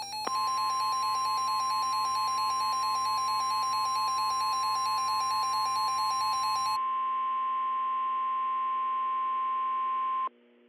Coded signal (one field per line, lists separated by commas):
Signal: Emergency Alert System (SAME) tones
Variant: 1050 Hz attention tone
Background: music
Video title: The Dark Storm (EAS Scenario)